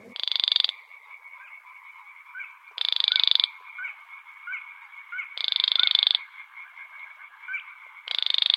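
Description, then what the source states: Baillon's Crake creaking call: dry, rattling frog-like bursts under a second long, repeated about every two and a half seconds, with a steady faint tone and soft clicks between. Male creaking in reedbeds; secretive rush- and reed-dwelling bird rarely leaving cover, hunting small insects at dusk, heard rather than seen.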